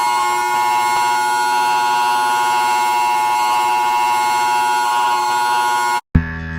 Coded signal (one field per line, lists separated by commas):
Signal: Emergency Alert System (SAME) tones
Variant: 853 and 960 Hz attention tone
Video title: Mexican States EAS Alarms